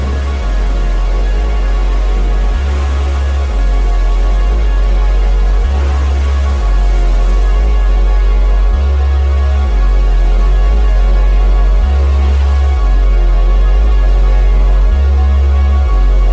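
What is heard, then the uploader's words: Slowly evolving pads hold a dense, sustained chord with many layered tones from low to high. A deep bass note shifts in a slow, regular pattern about every three seconds, while soft airy swells rise and fade above. The loudness stays steady throughout. Field recording of the crashing waves across the stereo field and then added my own slowly evolving pads. Bodega Bay.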